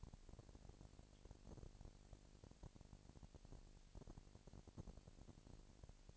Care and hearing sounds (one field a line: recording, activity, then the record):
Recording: daily activity, microphone in the room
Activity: no activity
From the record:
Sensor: 5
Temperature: 20.1 degrees Celsius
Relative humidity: 38.2%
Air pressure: 998.9 hPa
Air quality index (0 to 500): 218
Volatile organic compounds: 24 ppm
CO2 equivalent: 2805 ppm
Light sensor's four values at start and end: 2/3/1/1 and 2/3/1/1